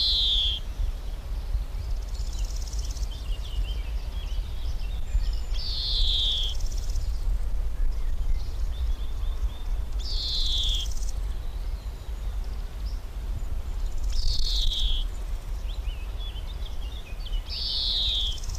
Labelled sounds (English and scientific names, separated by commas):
Marsh Warbler (Acrocephalus palustris) song